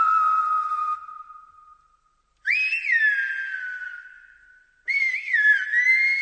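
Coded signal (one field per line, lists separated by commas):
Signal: whistled language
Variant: Silbo Gomero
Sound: three loud whistled phrases, a steady tone, then rising and falling gliding pitches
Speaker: have you any idea what the conversation was about well according to the translation i have here they were discussing a party and one was asking the other to go and get a musical instrument to bring to it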